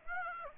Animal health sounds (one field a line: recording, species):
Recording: mosquito wingbeat signal from an infrared sensor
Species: Aedes aegypti